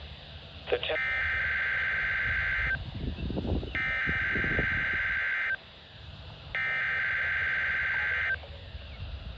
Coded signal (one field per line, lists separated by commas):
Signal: Emergency Alert System (SAME) tones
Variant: header bursts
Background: speech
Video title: (EAS #396) KMKX Required Weekly Test